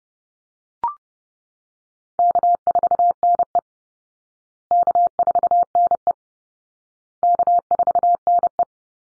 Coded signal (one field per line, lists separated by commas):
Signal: Morse code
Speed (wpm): 30 wpm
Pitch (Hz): 700 Hz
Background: none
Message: K4NE K4NE K4NE